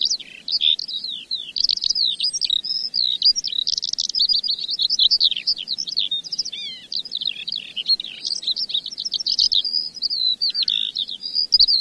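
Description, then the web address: Eurasian skylark singing an unbroken stream of rapid chirps, trills and slurred whistles, high-pitched and tumbling on for the whole stretch, over a soft low background hum. "earth naturelibrary assets s sk skylark"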